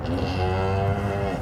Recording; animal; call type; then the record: contact call of a hoofed animal; cattle; low-frequency (closed-mouth) or high-frequency (open-mouth) call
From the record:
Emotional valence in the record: negative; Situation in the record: full separation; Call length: 1.42 s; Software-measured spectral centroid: 1520 Hz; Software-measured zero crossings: 1140 a second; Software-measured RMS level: -24 dBFS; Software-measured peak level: -12 dBFS